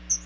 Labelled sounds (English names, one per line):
Chestnut-sided Warbler flight call